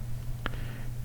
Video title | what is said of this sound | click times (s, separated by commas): [REVIEW] VIOZON Monitor & Laptop Mount (Silver), 17-32 inches LCD Monitor, 12-17 inches Laptops | you just make sure it's touching and until you hear a click | 0.5 s